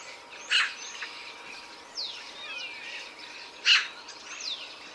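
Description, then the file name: Eurasian magpie giving two short, harsh, rasping calls about three seconds apart, over a busy background of thin whistles and sweeping notes from other birds. "Pica pica"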